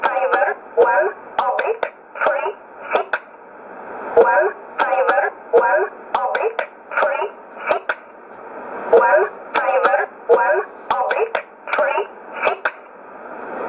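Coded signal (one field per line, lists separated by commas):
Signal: numbers station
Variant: E11 Oblique, English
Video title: 14 04 2020 E11 Oblique Numbers station in English 0846 on 12202 unknown tx site in USB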